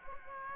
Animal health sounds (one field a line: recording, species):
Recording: mosquito wingbeat signal from an infrared sensor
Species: Aedes aegypti